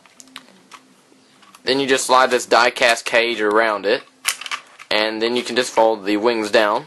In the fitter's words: the her and it clicks into place right there